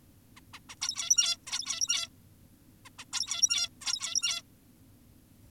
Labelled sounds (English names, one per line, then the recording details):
Zebra Finch
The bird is an adult
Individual g17y2U